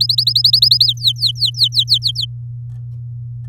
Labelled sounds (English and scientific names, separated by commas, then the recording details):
Domestic Canary (Serinus canaria) song
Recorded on 4 May 2018 at 05:41
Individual llb16